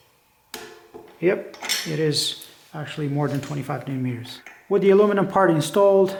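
A torque wrench set to 25 Nm with a cassette tool tightens an aluminium cassette lockring on a bicycle freehub. The wrench clicks sharply at 0.5 s as it reaches its setting, showing it actually takes more than 25 Nm. Someone talks for the rest of the clip.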